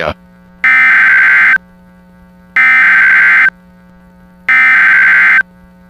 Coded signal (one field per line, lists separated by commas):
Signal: Emergency Alert System (SAME) tones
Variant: header bursts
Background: speech